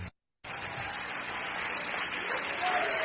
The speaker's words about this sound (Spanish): Dale un aplauso a Cristo, que él es bueno.